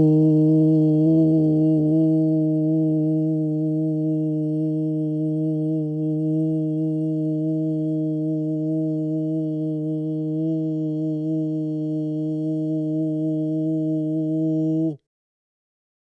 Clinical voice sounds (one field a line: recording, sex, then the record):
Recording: sustained vowel /u/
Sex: male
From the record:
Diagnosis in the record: Parkinson's disease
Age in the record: 56 years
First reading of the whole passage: 87 s, 6.0 characters per second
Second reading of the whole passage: 67 s, 7.8 characters per second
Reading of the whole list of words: 59 s, 4.8 characters per second